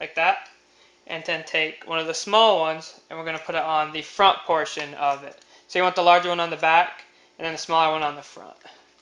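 A small plastic clip is handled and fitted onto the front portion of a window rain guard for a 2014 WRX, with a larger clip going on the back. Someone talks throughout, and only faint handling sounds are heard between the words. Nothing has seated or clicked yet.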